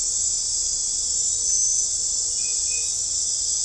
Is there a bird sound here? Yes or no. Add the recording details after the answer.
no. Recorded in dense forest near Puerto Asís, Putumayo, Colombia, on 16 December 2024 at 00:00. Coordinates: 0.499, -76.324. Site G045